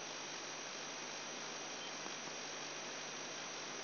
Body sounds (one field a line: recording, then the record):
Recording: brain microelectrode recording played as sound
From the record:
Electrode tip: outside the subthalamic nucleus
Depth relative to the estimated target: -6 mm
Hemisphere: right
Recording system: AlphaMap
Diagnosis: Parkinson's disease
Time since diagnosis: 10 years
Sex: male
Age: 58 years